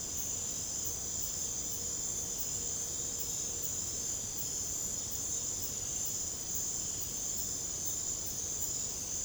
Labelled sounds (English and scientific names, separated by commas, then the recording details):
none
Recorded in secondary vegetation near Puerto Asís, Putumayo, Colombia, on 26 December 2024 at 00:30
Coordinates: 0.489, -76.322
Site G059